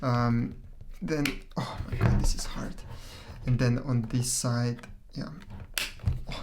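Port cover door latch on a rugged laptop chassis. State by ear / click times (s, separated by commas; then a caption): seated / 6.3 s. Someone talks while working the stiff, sealed port cover on the side of a Dell 7414 Rugged Extreme laptop. The cover's latch snaps shut with a sharp, sturdy-sounding click at 6.3 s, seating the door on the rugged chassis.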